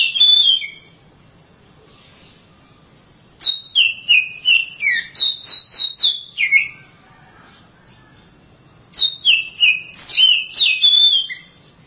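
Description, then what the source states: Oriental magpie-robin song: clear whistled notes in three bursts, mostly falling in pitch, with silent pauses between. Long-duration song.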